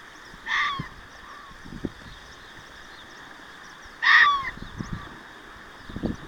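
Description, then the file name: Fox yelping twice, short harsh calls about three and a half seconds apart, over a quiet steady hum with faint knocks. Recorded 6 June 2024. "キツネ 240606"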